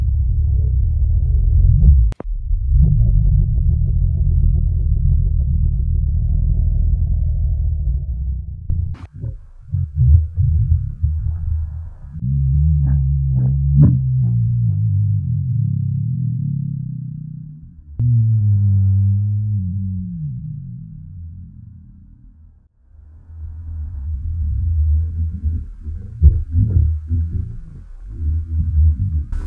My Tummys Intensive Moans Hunger Rumbles.